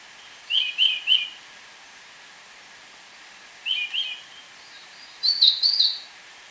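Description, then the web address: Orange-bellied euphonia singing three short groups of slurred, warbling notes separated by pauses, the last group higher. Recorded in Ecuador. "Birds of Ecuador. Orange-bellied Euphonia"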